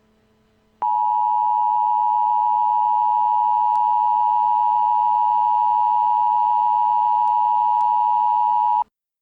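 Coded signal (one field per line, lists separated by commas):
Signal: Emergency Alert System (SAME) tones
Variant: 853 and 960 Hz attention tone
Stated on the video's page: Fictional EAS scenario, a Christmas special.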